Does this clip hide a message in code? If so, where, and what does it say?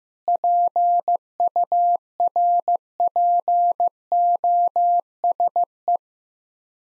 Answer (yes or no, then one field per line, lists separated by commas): yes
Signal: Morse code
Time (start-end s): 0.3-6.0 s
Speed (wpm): 15 wpm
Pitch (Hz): 700 Hz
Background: none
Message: PURPOSE